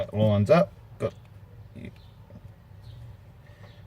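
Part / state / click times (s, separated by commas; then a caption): top cap onto atomizer deck / not seated / none. The top cap of a Pulse 22mm rebuildable dripping atomizer is lined up over its metal deck while someone talks, followed by faint, soft handling sounds around 1.9 s. The clip ends before the cap goes home; nothing has seated or clicked yet.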